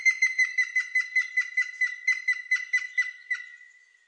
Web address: birdsounds dzieciolzielonosiwy